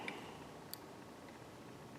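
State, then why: Not seated. A wiring harness connector for a Banks iDash gauge is handled next to the DataMonster data module during an install on a 2020 Ram 1500 Rebel. Two brief, sharp ticks at about 0.1 and 0.7 seconds stand out over a steady low background hiss. Nothing has seated or clicked in yet.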